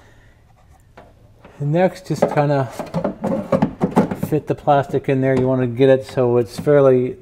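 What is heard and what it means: A plastic license plate light housing for a Mercedes-Benz SLK R171 is being fitted by hand into its opening in the trunk lid while someone talks. Only a few faint handling knocks are heard under the speech. Nothing has seated or clicked yet; the housing is not yet home.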